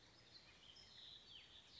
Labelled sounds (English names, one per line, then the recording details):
California Towhee
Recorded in Sonoma County, California